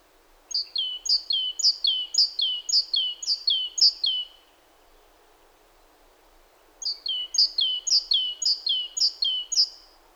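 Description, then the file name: Great tit singing a high two-note phrase several times, pausing a few seconds, then starting another run of the same descending two-note pairs. "Parus major"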